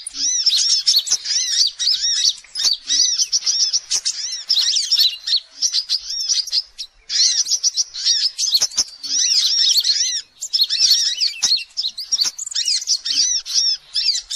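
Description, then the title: Sogok ontong song, a dense, continuous run of rapid high chirps and arched notes with brief pauses. Masteran song used for training birds. "Sogok Ontong Labaik"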